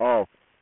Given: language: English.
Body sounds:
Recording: throat vibration sensor signal played as sound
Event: speech

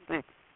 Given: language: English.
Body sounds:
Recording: throat vibration sensor signal played as sound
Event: speech

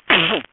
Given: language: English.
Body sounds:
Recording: throat vibration sensor signal played as sound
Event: cough

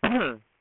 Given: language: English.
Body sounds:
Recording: throat vibration sensor signal played as sound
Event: cough

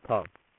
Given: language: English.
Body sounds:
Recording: throat vibration sensor signal played as sound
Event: speech

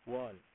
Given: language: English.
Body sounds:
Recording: throat vibration sensor signal played as sound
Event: speech

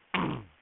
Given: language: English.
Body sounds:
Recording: throat vibration sensor signal played as sound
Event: throat clearing

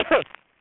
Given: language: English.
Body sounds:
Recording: throat vibration sensor signal played as sound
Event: cough

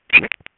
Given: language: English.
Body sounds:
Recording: throat vibration sensor signal played as sound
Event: swallow

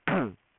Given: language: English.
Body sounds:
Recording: throat vibration sensor signal played as sound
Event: throat clearing

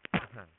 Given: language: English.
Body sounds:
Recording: throat vibration sensor signal played as sound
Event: cough

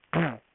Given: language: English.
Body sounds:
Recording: throat vibration sensor signal played as sound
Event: throat clearing

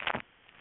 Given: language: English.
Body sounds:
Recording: throat vibration sensor signal played as sound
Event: swallow

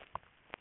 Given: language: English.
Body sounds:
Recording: throat vibration sensor signal played as sound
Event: swallow

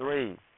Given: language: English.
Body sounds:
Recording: throat vibration sensor signal played as sound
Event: speech

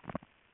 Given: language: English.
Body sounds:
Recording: throat vibration sensor signal played as sound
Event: swallow

